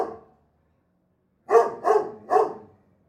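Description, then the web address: Dog delivering three quick, heavy barks after a brief silence, the last trailing off. Large dog barking in a backyard. "chien tj grand aboie cour arriere"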